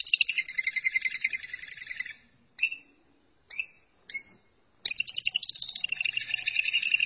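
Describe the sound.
Lovebird song, fast harsh chattering twitter, broken by three sharp separate chirps before the rapid chatter resumes.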